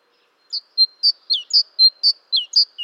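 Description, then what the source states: Great tit calling: a rapid series of high, sharp chirps and short downslurred notes, about ten in under three seconds, on an otherwise quiet background. Recorded 14 March 2018.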